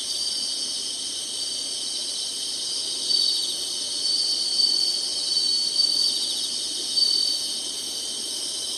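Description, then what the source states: Insects trilling in a dense high drone, with a few louder pulses appearing in the second half. Singing insects in summer.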